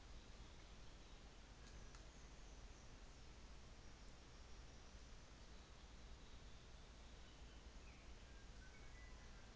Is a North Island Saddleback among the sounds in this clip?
no